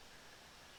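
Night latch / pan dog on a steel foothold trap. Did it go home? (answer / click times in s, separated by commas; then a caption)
no / none. A steel foothold trap, set in its safe position, is being closed down toward the point where its night latch (pan dog) engages. Only steady broadband noise is heard, like rustling or wind. Nothing has seated or clicked yet. The latch's click is what lets a trapper tell by ear that the pan is level.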